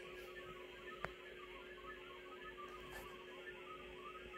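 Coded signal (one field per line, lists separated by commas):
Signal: multi-tone FSK (Olivia or MFSK type)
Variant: Olivia 32/1000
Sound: faint, rapidly hopping musical tones within a narrow band, with a low steady hum and one click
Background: radio static, steady hum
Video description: got this one right first time. 32/1K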